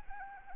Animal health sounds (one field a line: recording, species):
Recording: mosquito wingbeat signal from an infrared sensor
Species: Anopheles arabiensis